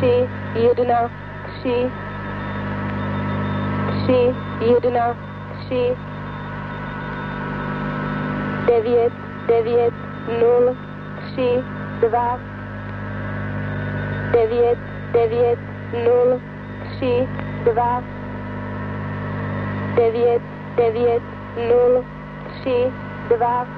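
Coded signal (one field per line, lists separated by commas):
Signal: numbers station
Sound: voice reading digits in short evenly spaced groups over steady hum and static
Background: radio hum and static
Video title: The Conet Project 411 - Konec Konec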